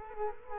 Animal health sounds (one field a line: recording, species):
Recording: mosquito wingbeat signal from an infrared sensor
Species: Culex quinquefasciatus